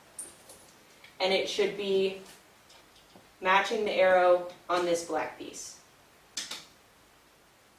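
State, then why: Seated. Someone talks while a plastic wheel piece is lined up arrow to arrow with the black piece on the rear axle of a TFK Joggster Twist stroller and pushed in. A sharp click at 6.4 s marks the piece seating into place.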